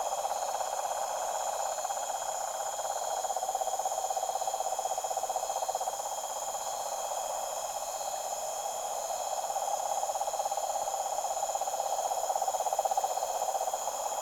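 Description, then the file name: Toads calling in chorus, an unbroken throbbing mass of rapid trills, layered with continuous high, thin tones throughout. Deep toad chorus at a tropical pond at night. "articulated TROPICAL Pond night pure uncanny deep toad chorus"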